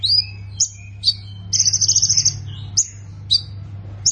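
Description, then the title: Plain prinia song: sharp high chirps separated by short pauses, with a short buzzy rattling trill in the middle, over a steady low hum. "Ciblek Sawah"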